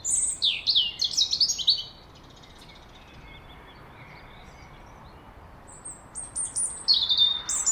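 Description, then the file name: European robin song: a quick, high, jumbled phrase of thin notes, then about four seconds of quiet before another sharp, shrill phrase begins. "Erithacus rubecula"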